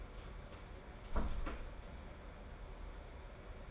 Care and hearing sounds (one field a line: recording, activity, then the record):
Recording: daily activity, microphone in the room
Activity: close door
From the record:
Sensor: 5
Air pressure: 1015.3 hPa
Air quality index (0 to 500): 216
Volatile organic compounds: 12 ppm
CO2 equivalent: 2343 ppm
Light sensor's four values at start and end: 35/80/32/31 and 35/80/32/31